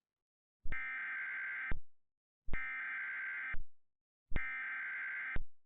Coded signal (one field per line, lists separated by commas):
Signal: Emergency Alert System (SAME) tones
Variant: header bursts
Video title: [ANALOG HORROR / EAS SCENARIO] - MONO LEECH